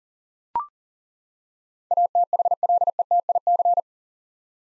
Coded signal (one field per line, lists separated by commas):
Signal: Morse code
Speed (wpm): 40 wpm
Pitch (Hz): 700 Hz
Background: none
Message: ATHLETIC